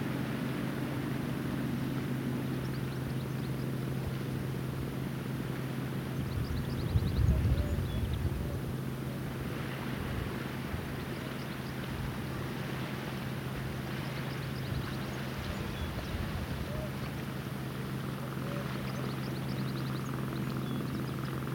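On an open headland, a tractor engine drones steadily throughout, its low hum and rumble filling the scene. Around seven seconds the rumble swells briefly, then settles back. Faint scattered calls, possibly gulls, rise occasionally above the wind-brushed background.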